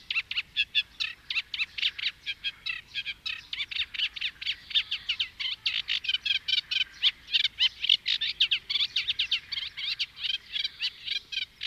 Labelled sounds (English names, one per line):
Eurasian Reed Warbler song